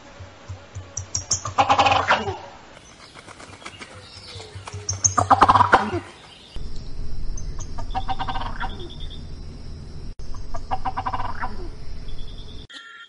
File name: canto do peru ocelado